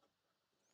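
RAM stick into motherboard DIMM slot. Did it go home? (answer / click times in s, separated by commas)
no / none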